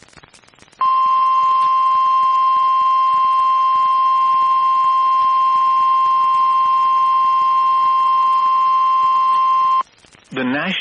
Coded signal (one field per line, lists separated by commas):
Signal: Emergency Alert System (SAME) tones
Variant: 1050 Hz attention tone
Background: speech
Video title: EAS #1,715 Online NOAA Weather Radio Tornado Warning #3 1/5/25